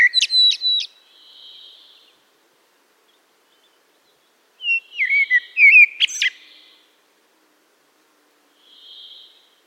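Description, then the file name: Common blackbird song in short bursts: a few high clipped notes, a long pause, then a mellow warbled phrase with sharp squeaks. "Turdus merula"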